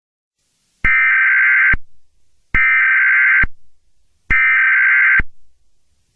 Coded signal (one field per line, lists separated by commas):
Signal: Emergency Alert System (SAME) tones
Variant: header bursts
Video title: EAS short - Order 66